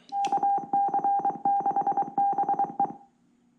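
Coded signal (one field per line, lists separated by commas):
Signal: Morse code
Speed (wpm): 23 wpm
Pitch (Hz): 800 Hz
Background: music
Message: KC6BE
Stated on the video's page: Sent from a homebuilt CW memory keyer project from QST, based on Raspberry Pi Pico.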